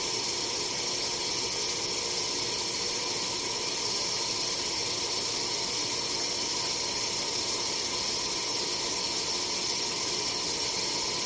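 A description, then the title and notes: A dishwasher runs with a steady, dense whooshing hum, bright hiss on top and constant low rumble, unchanging throughout without distinct events. This weeks sound is a dishwasher.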